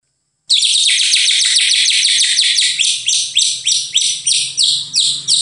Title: MURAI BATU